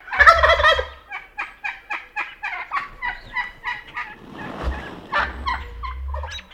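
Wild Turkey calls: opens with a loud rattling gobble, then a rapid series of short yelps, with a rougher burst and more calls near the end.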